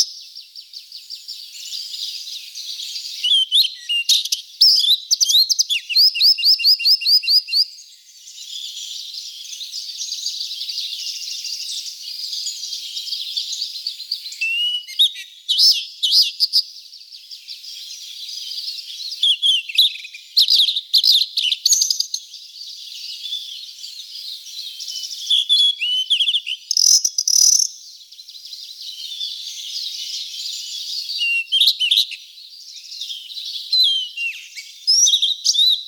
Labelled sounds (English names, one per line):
Blue-and-white Flycatcher song